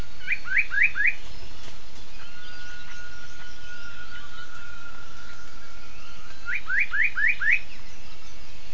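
Gibbon calls: a quick run of four sharp upsweeping notes near the start, then five more in a row about six seconds later, over steady hiss and a faint drawn-out tone.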